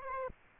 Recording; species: mosquito wingbeat signal from an infrared sensor; Aedes aegypti